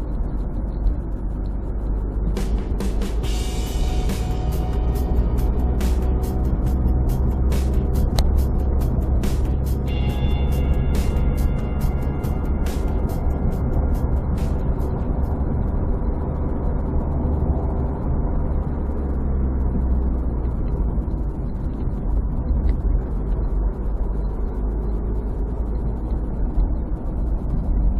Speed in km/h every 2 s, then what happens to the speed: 36, 43, 45, 46, 47, 46, 48, 51, 51, 52, 42, 38, 40, 38.
0-3 speeds up to 45. 3-18 steady at about 47. 18-20 brakes to 42. 20-28 steady at about 38.